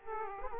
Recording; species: mosquito wingbeat signal from an infrared sensor; Aedes aegypti